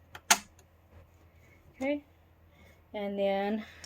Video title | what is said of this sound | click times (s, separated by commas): L1800 Remove Print Head to Clean Dried Ink | so now we have our outside clip that holds our cable and you'll hear it click on | 0.3 s